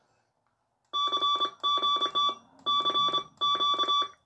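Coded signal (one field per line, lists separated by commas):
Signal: Morse code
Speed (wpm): 27 wpm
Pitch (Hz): 1160 Hz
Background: none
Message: CGT CQ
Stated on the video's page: Morse from a vintage 1980s Autek Research MK-1 CMOS memory keyer.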